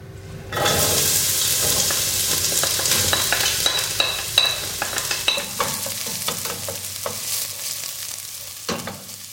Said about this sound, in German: Jemand brät Zwiebeln an. Und rührt um. Etwas anbraten. Und umrühren. Ich brate Zwiebeln an und rühre um.